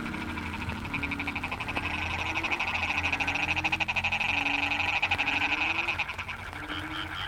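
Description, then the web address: Frogs chorusing with a fast ticking trill and scattered low croaking notes, with a low rumbling background throughout. Wetland frog chorus recorded at Cherating wetlands, Malaysia. "yamaha frogs cherating wetlands. audio soundscape malaysia"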